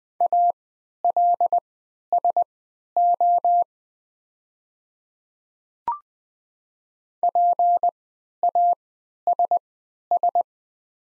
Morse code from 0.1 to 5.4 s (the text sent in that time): ALSO